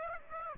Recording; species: mosquito wingbeat signal from an infrared sensor; Aedes aegypti